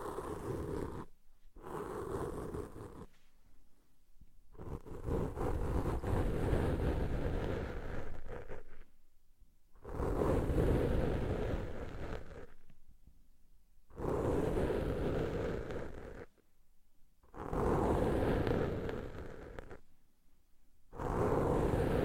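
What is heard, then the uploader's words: Muffled rushing and rubbing sounds of ear cleaning come in bursts of a few seconds each, separated by short silent gaps about every three to four seconds. Each burst is dense and low, with a crackly, rustling texture. ASMR Deep Ear Cleaning - Intense Ear Relaxation (No Talking).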